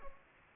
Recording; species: mosquito wingbeat signal from an infrared sensor; Culex pipiens